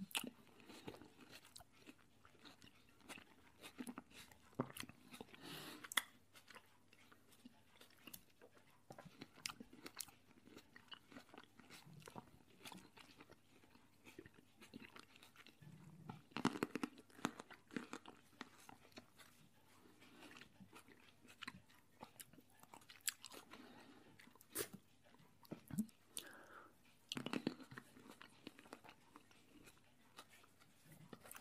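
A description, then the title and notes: A person eats, with a steady run of quick, crisp bites and chewing clicks through the whole 31 seconds. The crunches come densely and irregularly, with louder bursts around 6, 17 and 27 seconds over a faint low hum. A PERSON EATING.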